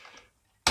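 The fourth plastic tyre wheel is pushed onto a toy car axle. After faint low rustling that fades to near silence, a single sharp, bright snap sounds at 0.7 s as the wheel seats on the axle.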